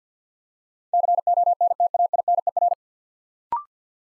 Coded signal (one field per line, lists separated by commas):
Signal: Morse code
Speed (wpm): 50 wpm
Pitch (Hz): 700 Hz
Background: none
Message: CONTAINER